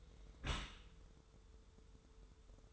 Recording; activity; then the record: daily activity, microphone in the room; close dishwasher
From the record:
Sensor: 3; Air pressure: 1015.0 hPa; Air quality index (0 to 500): 34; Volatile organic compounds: 1 ppm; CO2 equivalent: 554 ppm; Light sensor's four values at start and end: 11/26/11/11 and 11/26/11/11